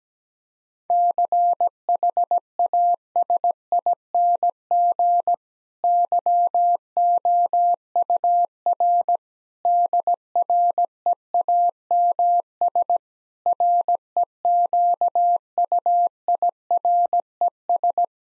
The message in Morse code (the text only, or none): CHASING YOUR DREAMS REQUIRES